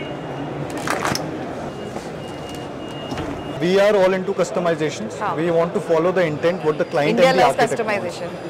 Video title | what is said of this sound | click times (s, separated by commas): ZAK Doors and Windows Expo 2022 - Steel Doors, Interior Design exterior fenestration & Cladding! | Open है अभी lock हो गया | 0.9 s, 1.0 s, 1.2 s